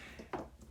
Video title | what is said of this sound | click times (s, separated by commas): Civivi Rustic Gent VS Benchmade Proper Slipjoint Pocketknife. Fablades Comparison Review. | need to push this button here to unlock the blade the | 0.3 s